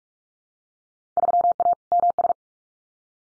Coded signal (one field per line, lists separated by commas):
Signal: Morse code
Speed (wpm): 46 wpm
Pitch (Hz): 700 Hz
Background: none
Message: 3A MS